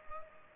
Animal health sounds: mosquito wingbeat signal from an infrared sensor; Culex pipiens

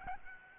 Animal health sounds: mosquito wingbeat signal from an infrared sensor; Aedes albopictus

